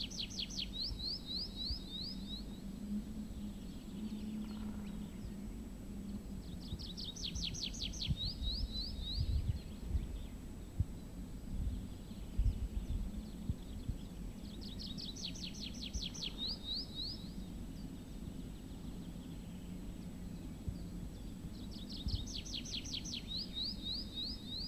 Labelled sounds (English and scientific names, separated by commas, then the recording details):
Tree Pipit (Anthus trivialis)
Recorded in the wild
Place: Gerlitzen, Kärnten, AT
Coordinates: 46.693, 13.917
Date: 1971-05-12
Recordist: Brunner, Thomas
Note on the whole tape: Gerlitzen: Gesang eines Baumpiepers